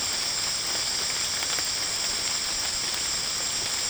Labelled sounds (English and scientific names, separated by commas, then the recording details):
none
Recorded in dense forest near Puerto Asís, Putumayo, Colombia, on 24 June 2025 at 18:30
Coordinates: 0.499, -76.324
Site G100